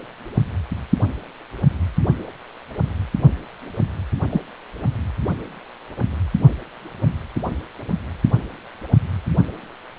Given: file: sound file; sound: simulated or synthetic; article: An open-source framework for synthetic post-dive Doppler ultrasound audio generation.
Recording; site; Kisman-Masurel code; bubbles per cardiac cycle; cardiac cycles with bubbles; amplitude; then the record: Doppler ultrasound audio after a dive; precordial; 112; 1–2; 1–10%; moderate amplitude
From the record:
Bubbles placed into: partial cardiac cycles